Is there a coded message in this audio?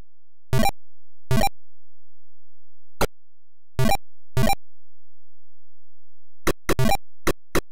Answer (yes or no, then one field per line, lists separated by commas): no